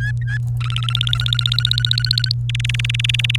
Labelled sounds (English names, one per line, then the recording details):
Domestic Canary song
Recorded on 29 April 2018 at 15:19
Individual llb3